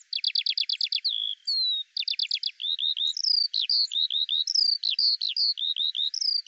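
Eurasian skylark singing: a rapid burst of repeated clicking notes, a slurred whistle, then a flowing series of looping chirps and warbles.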